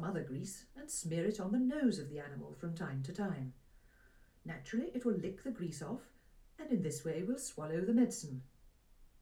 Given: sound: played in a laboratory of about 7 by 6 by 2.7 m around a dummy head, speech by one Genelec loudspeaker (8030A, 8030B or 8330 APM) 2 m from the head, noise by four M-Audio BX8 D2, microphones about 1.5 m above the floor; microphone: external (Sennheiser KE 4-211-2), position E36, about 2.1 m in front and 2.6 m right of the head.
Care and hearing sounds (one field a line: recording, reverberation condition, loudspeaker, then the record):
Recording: female speech in English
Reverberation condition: low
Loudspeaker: 90 degrees to the left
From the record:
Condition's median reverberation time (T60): about 310 ms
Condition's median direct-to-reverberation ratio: about 3.5 dB